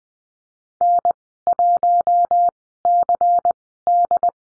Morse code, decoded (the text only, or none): N1CD